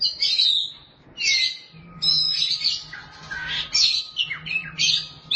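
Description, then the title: Oriental magpie-robin song with buzzy, squawking phrases and brief whistled notes, sung in loose bursts over a faint low hum. Kacer song. "Suara Kicauan Burung Kacer"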